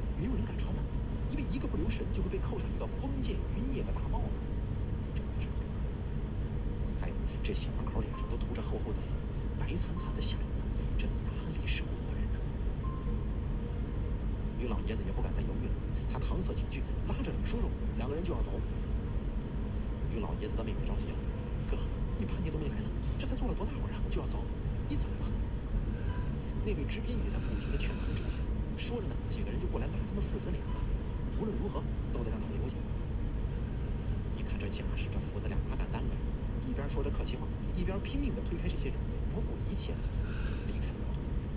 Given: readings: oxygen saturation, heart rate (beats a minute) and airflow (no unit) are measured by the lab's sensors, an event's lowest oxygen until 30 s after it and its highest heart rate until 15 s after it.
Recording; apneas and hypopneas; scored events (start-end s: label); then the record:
breathing in sleep by a smartphone at the bedside; none
none scored
From the record:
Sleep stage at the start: N1 (lightest sleep); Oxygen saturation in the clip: 93 to 95%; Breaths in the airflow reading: 12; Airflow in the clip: -1.7 to 2.9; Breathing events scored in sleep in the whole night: 335 in 6.7 hours asleep